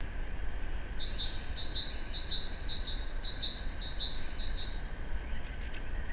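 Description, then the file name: Great tit song: a rapid, rhythmic series of high two-note phrases, repeated about twice a second, over a steady hum and low background rumble. "Parus major"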